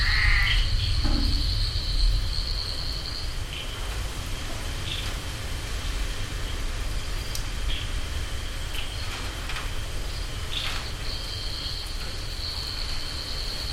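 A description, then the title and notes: Amphibians call through a steady hiss of rain, with a continuous high piping trill that drops out in the middle and returns near the end. Short sharp calls pop up every couple of seconds, and a low rumble fills the bottom throughout. Rain showers and an amphibian performance. Different species of amphibians vocalising through rain showers. Recorded in Koforidua, Ghana by Samuel Kudjodzi.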